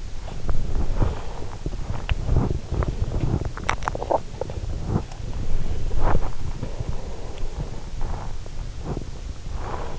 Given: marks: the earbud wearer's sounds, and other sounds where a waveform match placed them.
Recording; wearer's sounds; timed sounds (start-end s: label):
sounds in sleep by an in-ear microphone; body movement
0.00-9.99 s: body movement